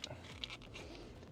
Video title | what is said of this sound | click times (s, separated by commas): 🛡️ No More Curb Rash! Installing Magbak RimCase on my Tesla! | come on Boom locked into place | 0.4 s